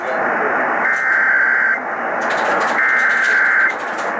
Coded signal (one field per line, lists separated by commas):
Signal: Emergency Alert System (SAME) tones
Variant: header bursts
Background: speech